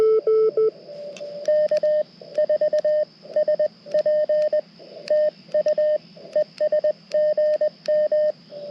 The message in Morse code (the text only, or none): K4SP TU ES GM